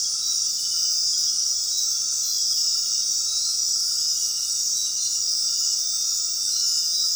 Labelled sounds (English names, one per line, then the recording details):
none
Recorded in dense forest near Puerto Asís, Putumayo, Colombia, on 19 February 2024 at 21:30
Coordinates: 0.466, -76.327
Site G6413